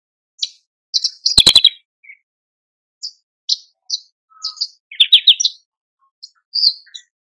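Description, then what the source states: Horsfield's bush lark song: spaced high chirps and buzzy phrases, with a few sharp clicks early on and a brief lower flourish. Masteran for training cage birds; a very active, vigorous singer.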